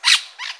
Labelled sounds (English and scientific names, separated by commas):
Brown-throated Parakeet (Eupsittula pertinax) contact call